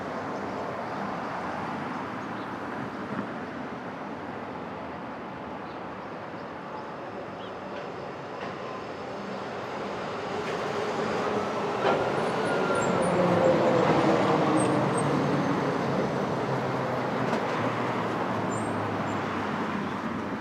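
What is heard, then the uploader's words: Brooklyn at dawn: a steady, dense low rumble of traffic fills the scene, swelling into a louder passing vehicle or train between about ten and sixteen seconds before easing. Faint high chirps, likely birds, break through briefly near the midpoint and again toward the end. Street Traffic.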